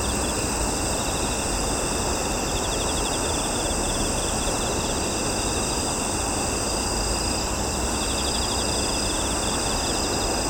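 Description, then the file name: Cricket chorus, a steady high pulsing trill running without pause, with a broad hiss and low rumble underneath. At night in Kashiwa, Japan. "Japan Kashiwa Night Crickets Dogs"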